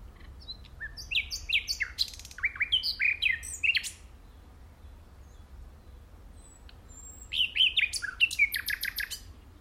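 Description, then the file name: Common nightingale song with rich, varied phrases of sharp chirps, slurred whistles and quick trills, a short pause, then another dense burst of rapid notes. "Luscinia megarhynchos"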